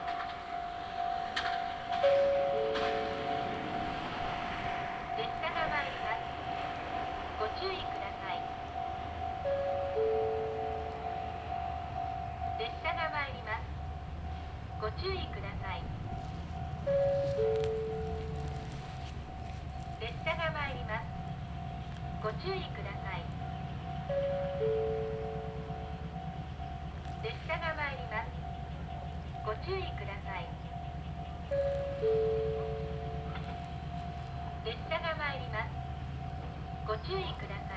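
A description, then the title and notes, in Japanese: A ride on the Tenryu Hamanako Railway, with a low steady rumble and a constant high whine underneath. A two-note chime repeats about every seven seconds, while rhythmic clacks of wheels over rail joints come in quick pairs, with occasional voices. 天竜浜名湖鉄道 天竜二俣→森町病院前→遠江一宮。天竜二俣でかなり降りて空いた車内。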